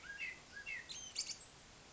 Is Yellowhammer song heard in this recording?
no